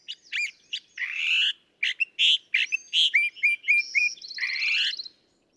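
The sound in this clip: California thrasher delivering loud, varied phrases, with buzzy slurs, sharp chips and a rapid trilled note near the end.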